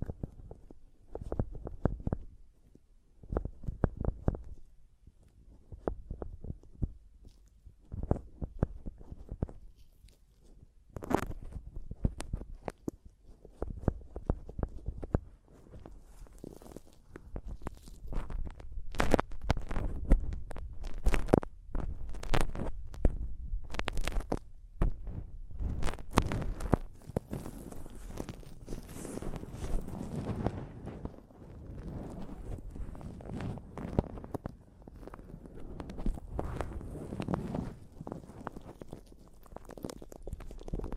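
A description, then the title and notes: Mic tapping and scratching in quick uneven bursts of dull thumps, growing denser and busier after about fifteen seconds with brighter scraping. ASMR Mic Tapping and Scratching (No Talking).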